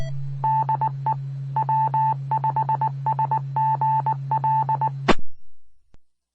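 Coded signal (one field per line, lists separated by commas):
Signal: Morse code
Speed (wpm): 20 wpm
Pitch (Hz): 880 Hz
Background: none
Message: DE W5SGL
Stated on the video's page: Morse heard from Mississippi Gulf Coast repeaters.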